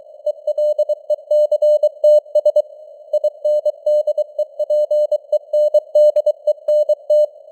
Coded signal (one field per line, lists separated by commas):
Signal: Morse code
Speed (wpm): 23 wpm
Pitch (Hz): 600 Hz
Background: none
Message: ELECTS INDEPENDENT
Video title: Morse Code News | 2025-10-26 | 23wpm